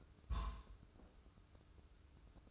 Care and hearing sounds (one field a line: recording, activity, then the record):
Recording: daily activity, microphone in the room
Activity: place on stove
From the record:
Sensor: 2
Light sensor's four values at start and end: 22/73/28/27 and 22/73/29/27